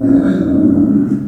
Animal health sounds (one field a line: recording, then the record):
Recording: squeal of a Yucatan mini pig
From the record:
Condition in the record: after surgery on the right vocal fold (resection and tissue-engineered implant)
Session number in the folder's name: 5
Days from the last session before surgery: 33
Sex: female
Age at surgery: 19 weeks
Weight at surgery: 25 kg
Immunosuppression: prednisolone